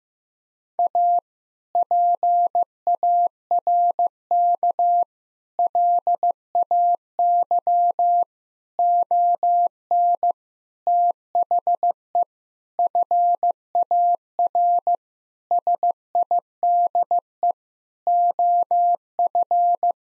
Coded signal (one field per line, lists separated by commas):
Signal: Morse code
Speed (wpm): 16 wpm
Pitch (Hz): 700 Hz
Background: none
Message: A PARK LAY ON THE FAR SIDE OF